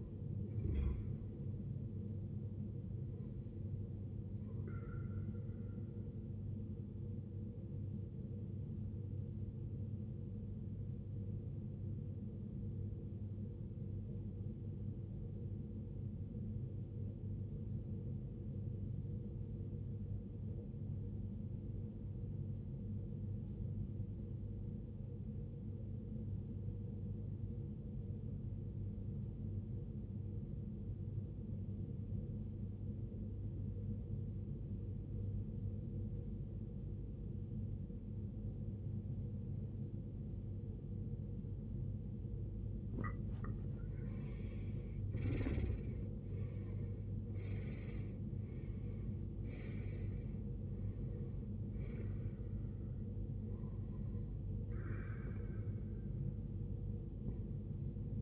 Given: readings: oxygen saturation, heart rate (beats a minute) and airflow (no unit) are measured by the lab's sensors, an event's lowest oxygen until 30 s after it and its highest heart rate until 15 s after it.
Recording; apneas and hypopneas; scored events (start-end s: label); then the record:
breathing in sleep by a smartphone at the bedside; 1
12.00-45.20 s: obstructive apnea (REM, oxygen 95% highest, then 79% lowest, heart rate 52 at the start, 77 highest)
From the record:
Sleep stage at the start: REM sleep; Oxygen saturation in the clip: 78 to 95%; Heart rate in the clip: 42 to 77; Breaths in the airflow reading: 7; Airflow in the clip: -17.0 to 17.5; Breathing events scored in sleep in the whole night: 389 in 6.3 hours asleep